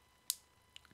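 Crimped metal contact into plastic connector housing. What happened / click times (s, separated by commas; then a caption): The metal contact clicked home in the connector housing / 0.3 s. The second crimped metal contact is pushed into a plastic Powerpole connector housing for a DC power extension cable and locks with a sharp, bright click at 0.3 s, followed by a few fainter ticks near 0.8 to 0.9 s. The contact is seated in the housing.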